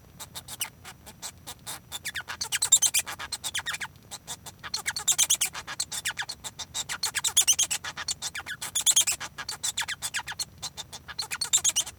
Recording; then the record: song of a male Bengalese finch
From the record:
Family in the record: son of father 1